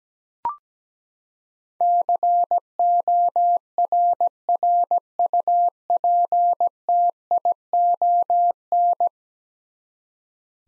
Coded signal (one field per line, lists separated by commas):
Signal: Morse code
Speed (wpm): 17 wpm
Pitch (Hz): 700 Hz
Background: none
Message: CORRUPTION